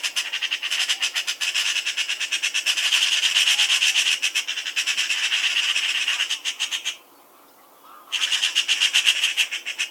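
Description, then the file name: Eurasian magpie harsh chattering call, a rapid dry rattle of repeated hoarse notes about four per second, briefly pausing then resuming. "Pica pica"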